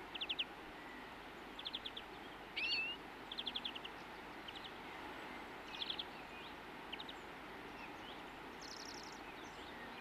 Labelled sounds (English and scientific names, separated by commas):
European Greenfinch (Chloris chloris) song